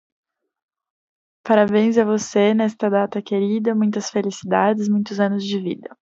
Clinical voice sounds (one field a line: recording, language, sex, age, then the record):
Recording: short text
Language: Brazilian Portuguese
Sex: female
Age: 20 to 29 years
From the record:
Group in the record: control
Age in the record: 24 years